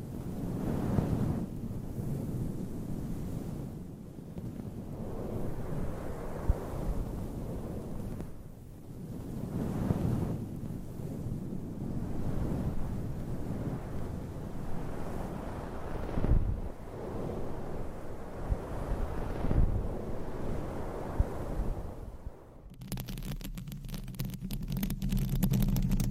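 Nails scratch across a microphone cover in long, rubbing, muffled strokes that swell and fade every few seconds, heavy in the lows like wind buffeting. Near the end the sound switches abruptly to a drier, crackly scraping over a steady low hum.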